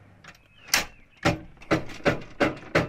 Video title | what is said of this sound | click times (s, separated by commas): Drawer system Over-landing & storage system P2 | and you just open the drawer up you can hear it lock that | 0.7 s